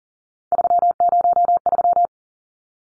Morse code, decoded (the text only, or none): 303